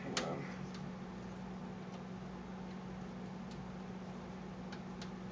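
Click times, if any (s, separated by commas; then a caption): none. A motherboard mounting screw or standoff that is not fully in is being worked into the case while the motherboard is mounted. A sharp tick at 0.2 s and fainter ticks near 0.7, 3.5, 4.7 and 5.0 s sound over a steady low hum. Nothing has seated or clicked yet.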